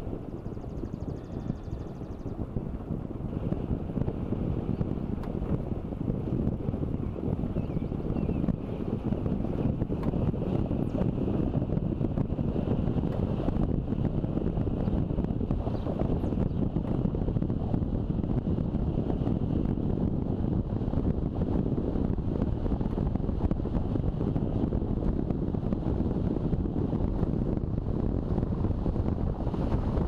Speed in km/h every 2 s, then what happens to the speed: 21, 21, 23, 24, 26, 27, 28, 29, 31, 33, 34, 35, 36, 36, 38.
0-30 speeds up to 38.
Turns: none.